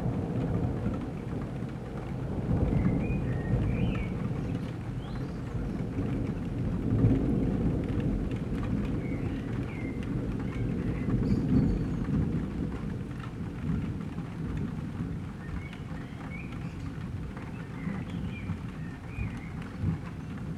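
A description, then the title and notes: Rain ticks steadily on a tilted window while thunder rumbles low and almost without pause, swelling around the middle. A blackbird sings faint, brief phrases through the storm, returning every few seconds above the dense rain. Night rain in July with rumbling thunder and songs from a blackbird. Tickling rain on a tilted window, while thunder keeps rumbling regularly. A blackbird at the rooftop across the street is singing through the thunderstorm.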